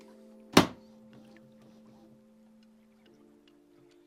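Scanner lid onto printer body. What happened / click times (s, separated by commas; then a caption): The plastic lid closed onto the machine body / 0.6 s. The plastic scanner lid of an Epson Expression Home XP-342 printer is closed onto the printer body after a new blue ink cartridge has been clicked into place. The lid lands with a loud, sharp thunk at 0.6 s, then a steady low hum and a few faint ticks follow. The lid is seated shut.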